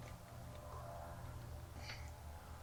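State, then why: Not seated. The lock on a fuel line fitting is pushed and worked on the fuel filter head of a Fleece under-bed fuel filter on a 6.7L Powerstroke Ford truck. A steady low hum runs throughout, with faint handling noises and a brief brighter scrape near 1.9 s. Nothing has seated or clicked yet.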